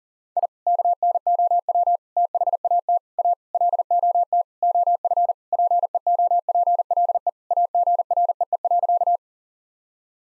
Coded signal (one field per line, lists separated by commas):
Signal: Morse code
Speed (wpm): 40 wpm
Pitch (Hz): 700 Hz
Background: none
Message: I KNOW THAT A LOT OF PEOPLE AGREE.